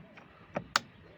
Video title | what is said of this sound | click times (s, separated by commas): Transporter T5 Cam Düğmeleri Değişimi ve Püf Noktaları | Buradan da çit sesini duyduk | 0.8 s